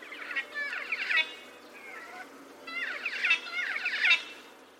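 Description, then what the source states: Black-faced Cuckooshrike giving rolling, trilled calls in two bursts, each a run of quick churring notes. Call described as metallic; spark bird.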